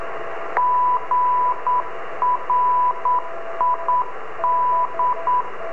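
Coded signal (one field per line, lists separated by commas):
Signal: Morse code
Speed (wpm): 9 wpm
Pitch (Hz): 990 Hz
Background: radio noise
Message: GRID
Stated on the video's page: Amateur radio beacon in Argentina received on the HF 10 meter band in Brazil; a second signal, probably a pirate fishing buoy, is also heard.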